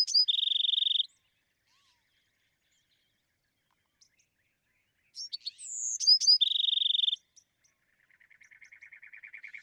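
Bewick's wren singing: a closing high trill, then a full song of quick notes, a falling whistle and a rapid even trill, followed by a lower buzzy trill.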